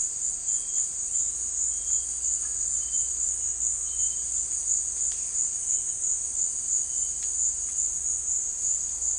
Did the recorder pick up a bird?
no